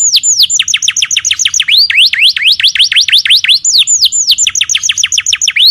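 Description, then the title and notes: Canary delivering a continuous series of high, swooping whistled notes, falling then rising, repeated several times per second without pause. Young canary, long-duration song used for training other birds (masteran). "Pancingan Kenari Muda Durasi Panjang. masteran kenari"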